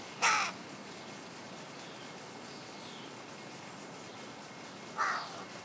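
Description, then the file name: Carrion crow giving two single harsh caws, one at the start and one near the end, with quiet background between them. "Corvus corone"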